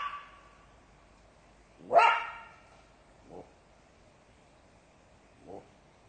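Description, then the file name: Jackal giving one strong yelping bark, followed by two faint, brief calls, with the tail of an earlier cry at the start. "zvuki shakala"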